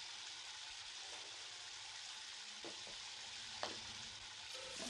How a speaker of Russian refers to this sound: Он подошел к раковине, открыл кран.